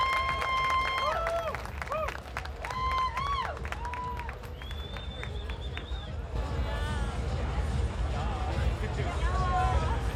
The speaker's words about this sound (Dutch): Dus dankjewel en een duimpje applaus voor …. Oh yeah!